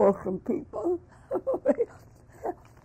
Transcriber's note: chuckles